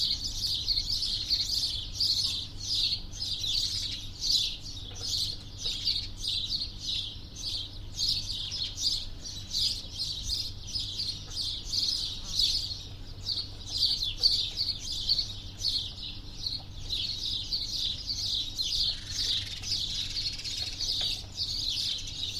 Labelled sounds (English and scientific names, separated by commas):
House Sparrow (Passer domesticus) call